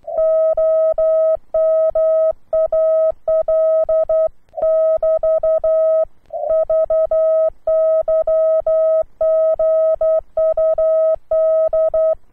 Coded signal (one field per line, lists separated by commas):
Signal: Morse code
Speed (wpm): 11 wpm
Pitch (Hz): 640 Hz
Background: none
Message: OM AL <BT> VY GUD